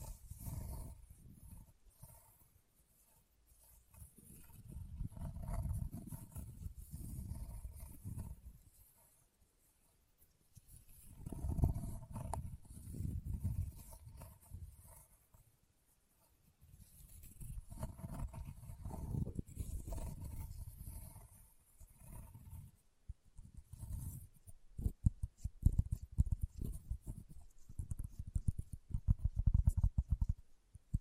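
Leather is scratched and rubbed in low, rough bursts lasting a few seconds, separated by short quiet pauses. Toward the end the strokes give way to quicker, sharper taps that come in a dense, uneven run.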